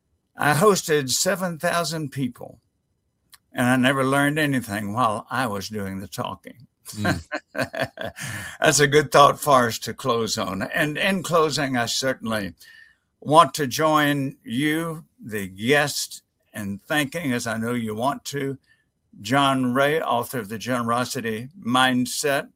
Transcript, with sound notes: “I hosted 7,000 people, and I never learned anything while I was doing the talking.” [laughter] That’s a good thought for us to close on. And in closing, I certainly want to join you, the guest, in thanking, as I know you want to, John Ray, author of The Generosity Mindset.